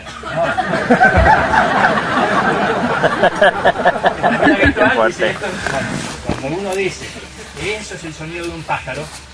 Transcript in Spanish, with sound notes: No.… (RISAS) Cuando uno dice “eso es el sonido de un pájaro”